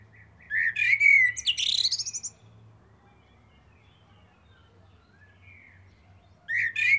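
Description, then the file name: Common blackbird sings a warbled fluting phrase that ends in high twittering, then a long pause and the start of another phrase. "Turdus merula"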